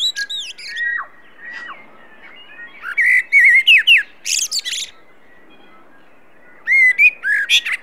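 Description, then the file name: Common blackbird song: a few soft fluted notes, then a louder phrase of warbles and squeaky high twitter, and a final short warbling burst. "Turdus merula"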